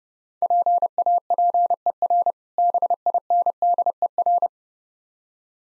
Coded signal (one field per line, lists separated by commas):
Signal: Morse code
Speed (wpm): 29 wpm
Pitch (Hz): 700 Hz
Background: none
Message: PAPER BINDER